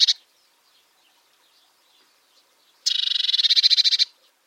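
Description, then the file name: Eurasian blue tit making a dry, pulsed churr of about a second after a brief earlier fragment; the rattle slightly strengthens toward its end, with near silence around it. "Cyanistes caeruleus"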